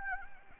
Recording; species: mosquito wingbeat signal from an infrared sensor; Anopheles gambiae